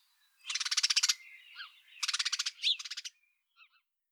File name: Passer domesticus